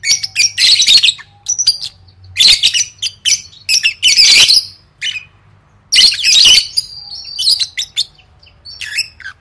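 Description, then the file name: Lovebird calls: harsh, high squawking bursts with chirps in clusters, broken by short pauses. "tieng vet mau don"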